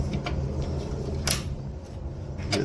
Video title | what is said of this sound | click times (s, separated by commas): Admiral Washer Lid Switch Replacement WP8318084 | a click there it's in | 1.3 s